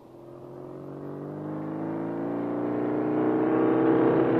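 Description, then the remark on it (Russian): A motorcycle carrying a rider and a woman on the luggage rack revs and pulls away, its buzzing drone climbing steadily in pitch and growing louder over a few seconds, with no voices. “Ну, я бросил в сторону Рубанок, вскочил на мотоцикл, ее посадил на багажник и отправился с ней не на луг, а к бригадиру рыболовов.”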